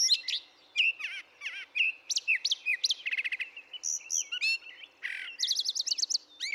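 Brown thrasher song: a rapid string of varied high chirps, slurred whistles and buzzy trills.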